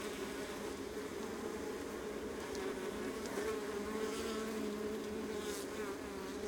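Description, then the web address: Honey bee colony buzzing in a dense, steady drone, many overlapping wingbeats forming a continuous hum with faint crackling above. Honey bee colony recorded close up on the Adriatic coast, northern Mediterranean. "Ivo Vicic - Northern Mediterranean soundscapes - Adriatic sea. Honey bee colony close"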